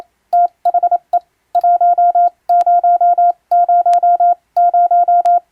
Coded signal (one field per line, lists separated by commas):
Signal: Morse code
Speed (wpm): 27 wpm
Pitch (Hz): 700 Hz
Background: none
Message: THE 1000